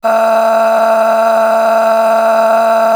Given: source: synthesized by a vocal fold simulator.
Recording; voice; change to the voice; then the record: sustained vowel; female; a random mix of aspiration noise, stiffness perturbation and strain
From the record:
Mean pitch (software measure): 224 Hz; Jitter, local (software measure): 2.16%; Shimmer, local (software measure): 11.9%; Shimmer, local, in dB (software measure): 1.04 dB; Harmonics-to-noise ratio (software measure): 11.5 dB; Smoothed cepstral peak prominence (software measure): 10.2 dB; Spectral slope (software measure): -19.5 dB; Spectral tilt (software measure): -8.6 dB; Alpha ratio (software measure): -10.0 dB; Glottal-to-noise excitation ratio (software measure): 0.803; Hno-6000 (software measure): 1.8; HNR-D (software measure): 33.7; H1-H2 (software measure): -0.2 dB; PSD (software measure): 8.7e-05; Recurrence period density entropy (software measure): 0.122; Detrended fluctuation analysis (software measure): 0.0134